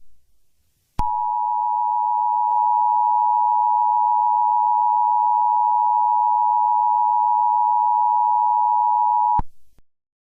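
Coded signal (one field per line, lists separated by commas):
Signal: Emergency Alert System (SAME) tones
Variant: 853 and 960 Hz attention tone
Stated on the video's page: Fictional EAS scenario made for a festival, not a real alert.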